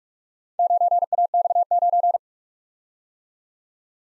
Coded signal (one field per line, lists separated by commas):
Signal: Morse code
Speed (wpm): 48 wpm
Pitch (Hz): 700 Hz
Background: none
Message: 9AX9